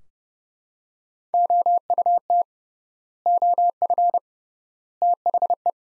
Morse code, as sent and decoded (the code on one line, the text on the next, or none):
--- ..- - / --- ..-. / - .... .
OUT OF THE